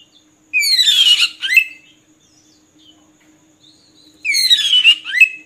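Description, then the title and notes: Oriental magpie-robin uttering two harsh, buzzy chattering phrases with slurred whistled endings, separated by a pause. Long-duration song recording used to train birds to sing actively day and night. "Kacer Jadi Gacor Siang Malam. Isian Kacer Durasi Panjang"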